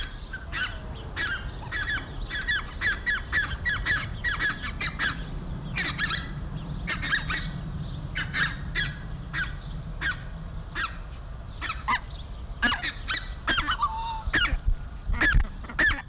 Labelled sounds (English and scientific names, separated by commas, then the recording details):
Red-breasted Goose (Branta ruficollis) call
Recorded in captivity
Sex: pair
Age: adult
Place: Zoo Dresden, Sachsen, DE
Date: 1993-05-17 16:57
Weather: heiter, 25°C
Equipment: Marantz CP 430, Sennheiser ME 80, Kopie Uher Variocord 263
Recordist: Tembrock, Günter